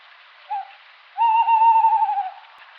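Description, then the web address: Tawny owl hooting: a brief soft note, a pause, then a long wavering, quavering hoot of just over a second. "strix aluco call"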